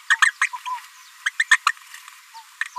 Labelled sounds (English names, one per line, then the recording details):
Green-rumped Parrotlet babbling
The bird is a female
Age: 27 days
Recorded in a nest box in Venezuela
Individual 17B73B2